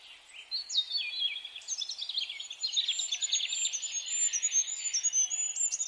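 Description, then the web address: Bird song of high twittering notes and descending chirps, building into a dense, fast, continuous warbling that runs to the end. "birddata Deverinetal 2025"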